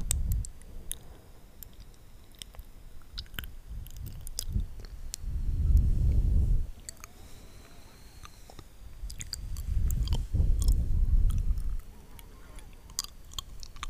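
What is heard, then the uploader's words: Wet mouth sounds with lipgloss being applied: sticky clicks and small smacks scattered throughout, sharp and bright. Two soft, low breaths swell around six and eleven seconds, each lasting a second or two. Tingly mouth sounds (lipgloss application, breathing sounds, kisses etc.)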